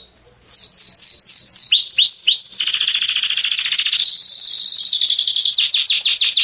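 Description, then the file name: Canary song opening with quick repeated falling whistles, then three slower deep swoops, then a long dense high trill that shifts in pitch. "Canary Voice"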